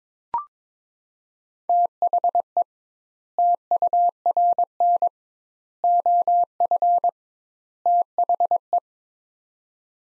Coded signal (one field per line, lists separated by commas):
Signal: Morse code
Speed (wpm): 22 wpm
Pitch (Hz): 700 Hz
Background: none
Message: THE TURN OF THE